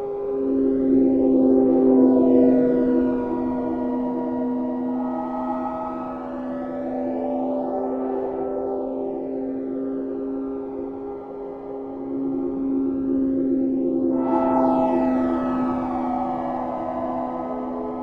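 Binaural waves: a steady drone of stacked sustained tones, strongest in a low hum with fainter bright overtones above. Sweeping, phasing arcs pass through the upper tones about every five to seven seconds, making the sound shimmer and swell gently throughout.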